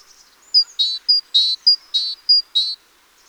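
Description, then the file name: Great tit giving four quick pairs of notes, each a thin high whistle followed by a rougher, buzzy lower note, with faint high twittering at the start. "Parus major"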